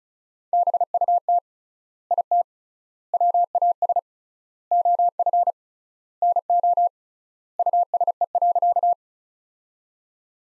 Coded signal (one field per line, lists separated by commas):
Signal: Morse code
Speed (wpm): 36 wpm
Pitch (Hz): 700 Hz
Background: none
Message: BUT IT WAS OF NO USE.